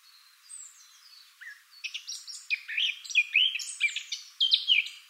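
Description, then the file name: Eurasian blackcap song beginning with a few quiet whistles, then building into a lively, varied warble of chirps and slurred notes. "Sylvia atricapilla"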